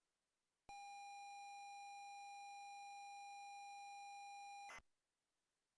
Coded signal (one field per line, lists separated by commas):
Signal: ZX Spectrum tape loading